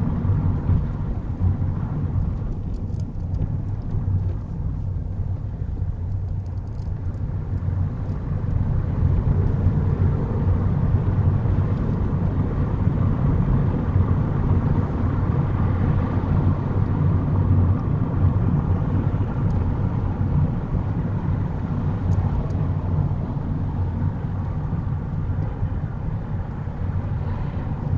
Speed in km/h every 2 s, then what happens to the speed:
21, 15, 11, 21, 29, 35, 37, 37, 35, 31, 27, 21, 21, 26.
0-4 slows to 11. 4-11 speeds up to 37. 15-22 slows to 21.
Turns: none.